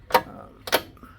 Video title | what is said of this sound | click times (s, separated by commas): Ep 66 of 1965 Pontiac LeMans Restoration (Assembling the dash) | that is not latching. | none